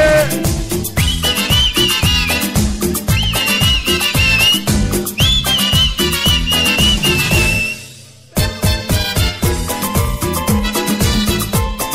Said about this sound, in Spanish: ¿Dónde están los silbadores?